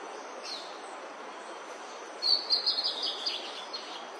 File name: Canto do trovoada